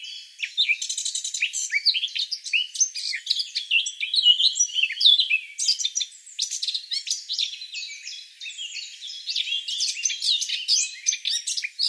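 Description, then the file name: Eurasian blackcap singing a continuous, dense run of quick scratchy chirps and twittering warbled notes, varied in pitch, with hardly any pauses throughout. "Sylvia atricapilla"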